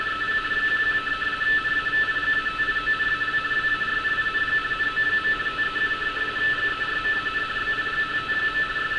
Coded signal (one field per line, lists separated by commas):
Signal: RTTY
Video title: Decoding RTTY navigation warnings from Hamburg, Germany